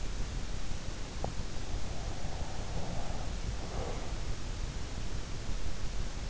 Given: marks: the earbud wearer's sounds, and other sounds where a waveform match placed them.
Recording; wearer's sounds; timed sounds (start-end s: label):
sounds in sleep by an in-ear microphone; breath
1.87-4.11 s: breath